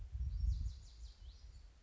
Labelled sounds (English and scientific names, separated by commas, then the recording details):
Lazuli Bunting (Passerina amoena)
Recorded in Sonoma County, California